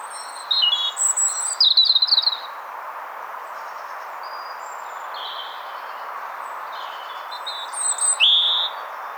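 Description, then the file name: European robin singing two short phrases of sweet high twittering notes, the first early and the second near the end, with a quiet pause between them. "Erithacus rubecula"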